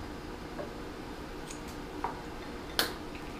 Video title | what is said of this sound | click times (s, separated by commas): TroyBilt Pony Riding Lawn Mower (2008) Bent Push Rod fix and Replaced for FREE!! | There we go, snaps back into place. | 2.8 s